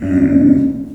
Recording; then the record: squeal of a Yucatan mini pig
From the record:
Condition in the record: after surgery on the right vocal fold (resection and tissue-engineered implant); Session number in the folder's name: 5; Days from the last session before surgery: 33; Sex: female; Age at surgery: 19 weeks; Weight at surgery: 25 kg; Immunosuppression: prednisolone